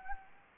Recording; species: mosquito wingbeat signal from an infrared sensor; Anopheles gambiae